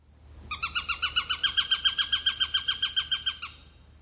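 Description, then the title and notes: Eurasian sparrowhawk call: a rapid, even series of many harsh, chattering kek notes lasting roughly three seconds, steady in pitch and rhythm. "Viikon luontoääni: Varpushaukka. Juha Laaksonen. Yle"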